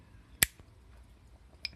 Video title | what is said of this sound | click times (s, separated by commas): BMX FREECOASTER HUB CLUTCH AND AXLE REPLACEMENT | keep a bit more tension on the clutch and you can hear it click that's | 0.4 s